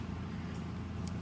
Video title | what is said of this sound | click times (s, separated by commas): PROPER USAGE AND MUST-KNOW'S FOR CRIMPING TOOL - RENNSTEIG PEW12 | And then my tool will stay because it clicks in place. | 1.1 s